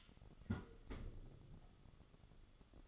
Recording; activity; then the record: daily activity, microphone in the room; close fridge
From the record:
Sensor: 4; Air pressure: 1008.6 hPa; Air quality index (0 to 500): 72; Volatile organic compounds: 1 ppm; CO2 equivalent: 625 ppm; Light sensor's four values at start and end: 15/35/14/14 and 16/36/15/15